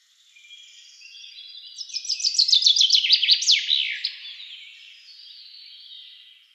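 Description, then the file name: Common chaffinch giving a single loud phrase of notes tumbling down the scale into a closing flourish, over a faint high background. "Fringilla coelebs"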